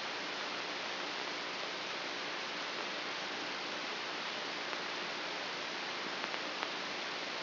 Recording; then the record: brain microelectrode recording played as sound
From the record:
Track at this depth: inside the subthalamic nucleus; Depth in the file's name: 2.004 mm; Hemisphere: left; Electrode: 2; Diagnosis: Parkinson's disease